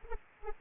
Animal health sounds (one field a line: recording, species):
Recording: mosquito wingbeat signal from an infrared sensor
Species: Anopheles arabiensis